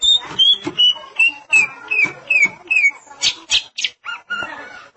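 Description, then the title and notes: Greater green leafbird giving a series of slurred, descending whistles in steady rhythm, followed by harsh buzzy notes and shorter varied calls. "Suara Kicauan Burung Cucak Ijo"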